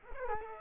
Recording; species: mosquito wingbeat signal from an infrared sensor; Culex quinquefasciatus